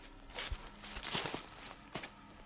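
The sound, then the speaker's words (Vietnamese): A few footsteps of someone following behind a walking man fall in an uneven sequence, each a soft thud with a scuffing crunch, quiet and without any talking. “Đằng sau lưng anh tự nhiên vang lên tiếng bước chân của ai đó.”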